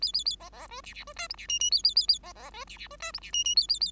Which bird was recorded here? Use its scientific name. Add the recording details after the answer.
Lonchura striata domestica. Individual Bird5